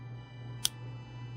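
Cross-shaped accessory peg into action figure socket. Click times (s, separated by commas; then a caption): 0.7 s. A cross-shaped plastic peg with tabs on an accessory is lined up and pushed all the way into a plastic action figure's socket. A single sharp, bright click sounds at 0.6 s over a steady low hum, and the peg seats in place.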